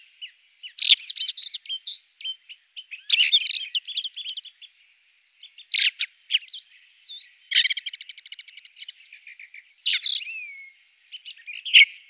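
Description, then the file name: Ring ouzel song: bursts of high, scratchy twittering and chuckling phrases separated by short pauses, with a rapid stuttering series of notes near the middle. "beflijster ring ouzel"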